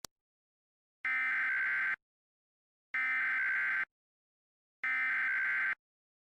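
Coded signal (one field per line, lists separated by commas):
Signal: Emergency Alert System (SAME) tones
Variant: header bursts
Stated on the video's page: Mock EAS alert, not a real broadcast.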